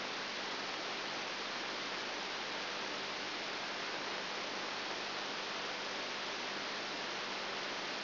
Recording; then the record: brain microelectrode recording played as sound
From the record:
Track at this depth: outside the subthalamic nucleus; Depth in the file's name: 0.506 mm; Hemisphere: left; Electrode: 3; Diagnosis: Parkinson's disease